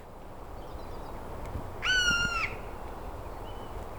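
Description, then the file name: Eurasian jay giving a single drawn-out, nasal mewing call, mostly level in pitch, over steady background noise. "Garrulus glandarius"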